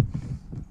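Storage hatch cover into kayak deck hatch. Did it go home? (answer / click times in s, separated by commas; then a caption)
no / none. The small plastic storage hatch cover on the deck of a Vibe Yellowfin 100 kayak, one year after purchase, is handled as it is being closed, giving low, soft knocks and thumps with a faint bump around 0.1 s. The clip ends just before the cover goes home, so nothing has seated or clicked yet.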